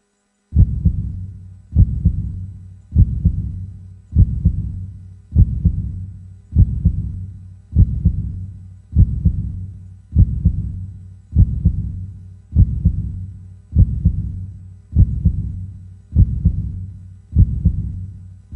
Heart Beat.